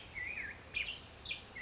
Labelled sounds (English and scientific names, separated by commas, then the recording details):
Black-headed Grosbeak (Pheucticus melanocephalus)
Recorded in Sonoma County, California